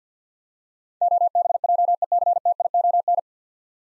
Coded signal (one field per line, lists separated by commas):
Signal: Morse code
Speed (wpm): 50 wpm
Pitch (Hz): 700 Hz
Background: none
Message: OBJECTION